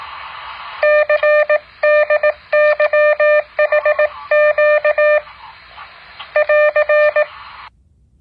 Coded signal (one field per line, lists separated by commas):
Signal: Morse code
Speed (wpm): 18 wpm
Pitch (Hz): 600 Hz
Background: none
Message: CDYHQ <AR>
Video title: แบบฝึกหัด Morse code 10.6